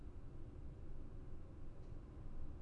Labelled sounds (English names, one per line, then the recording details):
none
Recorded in Germany
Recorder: ecoPi